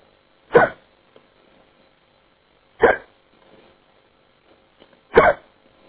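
Three abrupt, brief hiccups from an adult male, about two and a half seconds apart, muffled by a telephone line in a phone message; typical involuntary diaphragm spasms.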